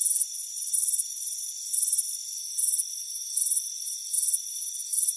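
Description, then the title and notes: Cricket chirps, quick shrill pulse groups repeating at a steady pace, with a soft continuous high drone behind. Warm afternoon, front porch. "Soothing Crickets Chirping Sound. It's a warm afternoon as you relax in a hammock on the front porch"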